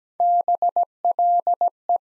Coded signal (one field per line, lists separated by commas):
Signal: Morse code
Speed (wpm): 17 wpm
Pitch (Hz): 700 Hz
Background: none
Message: BLE